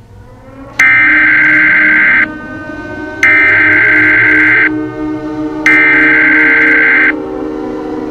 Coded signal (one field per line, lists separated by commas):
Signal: Emergency Alert System (SAME) tones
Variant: header bursts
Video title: EAS Scenario Nemesis